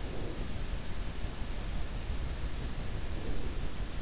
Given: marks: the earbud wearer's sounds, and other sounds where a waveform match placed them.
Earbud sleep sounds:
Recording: sounds in sleep by an in-ear microphone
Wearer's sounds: breath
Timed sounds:
0.00-0.60 s: breath
3.19-3.71 s: breath

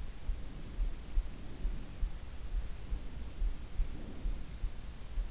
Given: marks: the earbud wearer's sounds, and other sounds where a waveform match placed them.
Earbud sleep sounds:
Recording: sounds in sleep by an in-ear microphone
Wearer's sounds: breath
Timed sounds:
0.19-1.99 s: breath
2.97-4.76 s: breath

